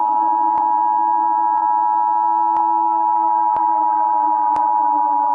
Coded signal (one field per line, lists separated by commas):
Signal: Emergency Alert System (SAME) tones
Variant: 853 and 960 Hz attention tone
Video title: |EAS Scenario Godzilla Attack| Godzilla EAS Scenario video one.